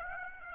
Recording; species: mosquito wingbeat signal from an infrared sensor; Aedes aegypti